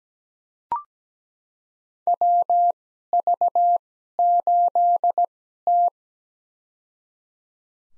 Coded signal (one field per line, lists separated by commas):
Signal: Morse code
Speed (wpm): 17 wpm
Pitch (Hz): 700 Hz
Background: none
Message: WV8T